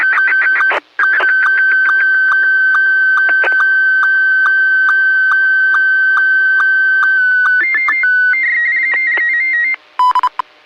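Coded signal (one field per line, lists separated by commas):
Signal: SSTV (slow-scan television)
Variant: Scottie 1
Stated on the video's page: Live stream of 145.390 and 146.700 repeaters.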